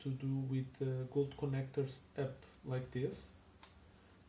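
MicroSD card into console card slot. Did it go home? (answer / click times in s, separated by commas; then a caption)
yes / 3.6 s. A microSD card is inserted gold contacts up into the card slot of a retro game console. Someone talks, then a single short tick is heard at 3.6 seconds as the card clicks into the slot and seats.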